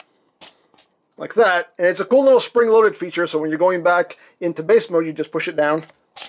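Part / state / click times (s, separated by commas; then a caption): plastic panel of a transforming toy robot locking into the body / seated / 0.0 s. A plastic section of a Master Made Apollo (Omega Supreme) transforming robot figure, a spring-loaded panel, is pushed down flush and clicks into place, locking into the body, with a short click at 0.0 s and another faint tick at about 0.7 s. Someone then talks for the rest of the clip.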